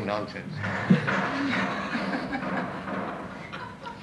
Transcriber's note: laughter